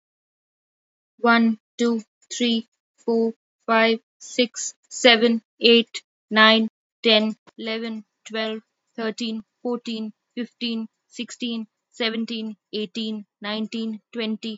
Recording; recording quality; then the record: counting at a normal pace; moderate, slight background noise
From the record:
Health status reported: healthy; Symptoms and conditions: none ticked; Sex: female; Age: 39 years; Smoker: not ticked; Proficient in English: yes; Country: India